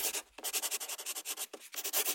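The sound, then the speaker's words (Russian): A soft pencil draws on paper in quick, rhythmic back-and-forth strokes, a steady hissing scrape broken by two brief pauses, with no voices. “Это потому, что у тебя мягкий карандаш.”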